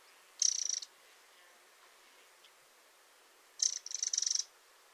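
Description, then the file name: Eurasian wren calls: two short bursts of dry, rapid ticking high in pitch, the first early on and a longer double burst near the end. "Troglodytes troglodytes"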